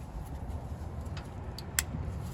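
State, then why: Seated. A plastic wiring harness connector is pushed onto the new neutral safety switch on the transmission of a 1999–2006 Ford F450 truck. Over a steady low rumble, faint taps come at about 1.2 and 1.6 seconds, then a sharp, bright click at 1.8 seconds as the connector seats fully.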